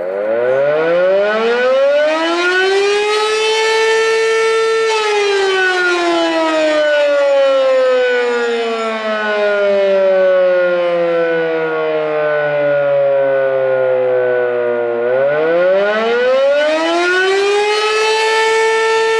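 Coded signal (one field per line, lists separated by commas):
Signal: siren signal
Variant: Federal Signal Model 7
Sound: loud mechanical siren wail rising, slowly falling over ten seconds, then rising again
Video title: (8 Port) Fedelcode Model 7 Siren Test, Attack, Marseilles, IL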